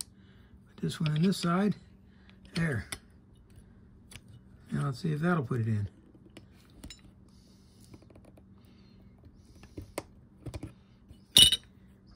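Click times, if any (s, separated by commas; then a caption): none. During service and lubrication of an Olympic Spark VO 1800 spinning fishing reel, a small part is pressed into its seat in the metal reel body while someone talks. Soft ticks and taps follow, with a sharp, bright metallic snap near 11.4 s. The part goes in but not all the way, so nothing has seated or clicked yet.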